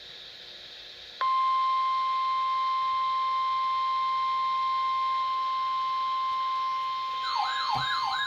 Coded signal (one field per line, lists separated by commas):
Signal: Emergency Alert System (SAME) tones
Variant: 1050 Hz attention tone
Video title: EAS #810-814 - WXL39, KIH28, WXM60, KZZ31, and WNG704 Required Weekly Tests 8-6-2014